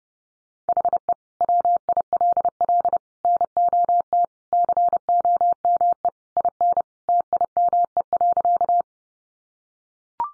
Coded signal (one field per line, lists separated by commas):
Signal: Morse code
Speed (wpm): 30 wpm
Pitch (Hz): 700 Hz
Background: none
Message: HE WILL NOT COME IN TIME.